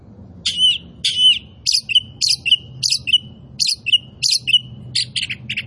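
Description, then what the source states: Oriental magpie-robin singing repeated two-part phrases, a harsh scratchy burst followed by a clear whistled note, roughly every half second. Kacer poci; gacor, singing vigorously and constantly.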